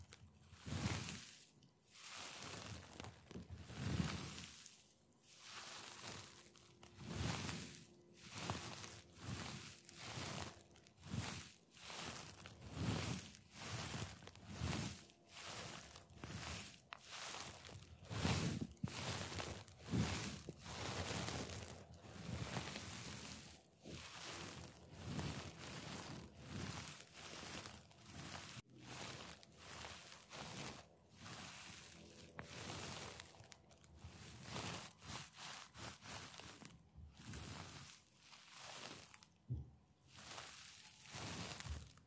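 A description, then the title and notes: Hand movements tap, scratch, squeeze and stroke in a dense, uneven stream of short bright crackling bursts. The sounds come several per second with brief pauses around 4, 15 and 36 seconds. A faint low steady tone sits underneath. ASMR Invisible Triggers Tapping, scratching, squeezing, stroking Hand movements (no talking).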